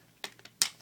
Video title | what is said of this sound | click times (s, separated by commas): 30th SandStorm triple changer | it pops right in so there you have his gun | 0.6 s